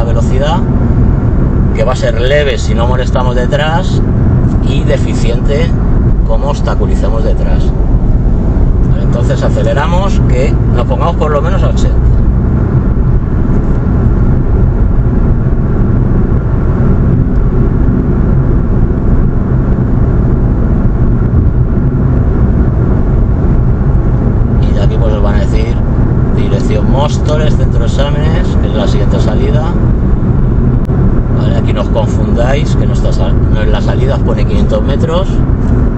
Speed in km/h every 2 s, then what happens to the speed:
81, 81, 79, 81, 83, 86, 90, 88, 88, 87, 88, 87, 88, 88, 86, 85, 84, 83.
4-12 speeds up to 90. 12-36 steady at about 87.